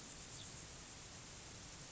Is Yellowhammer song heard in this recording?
no